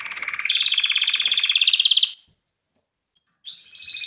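Canary singing a fast pulsed trill that swells and stops, followed by silence and a new high, sliding phrase.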